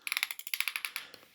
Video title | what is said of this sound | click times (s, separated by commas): Forging a Knife From Nuts and Copper Powder | put it in the belt loop, and you will hear clicks. | 0.1 s, 0.2 s, 0.5 s, 0.6 s, 0.7 s